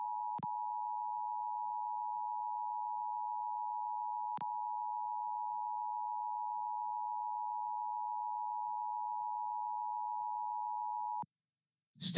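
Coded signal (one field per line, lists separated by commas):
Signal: Emergency Alert System (SAME) tones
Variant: 853 and 960 Hz attention tone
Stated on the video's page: Heard during live AM/MW DX session on Perseus, Elad FDM-S3 and Flex 6400 SDRs with KAZ, Superloop and phased loop antennas.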